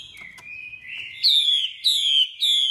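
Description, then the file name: Chinese hwamei call: soft warbling, then three loud, slurred whistles falling in pitch. Female hwamei calling, a sound used to stimulate or excite male birds. "Tieng chim hoa mi mai kich trong"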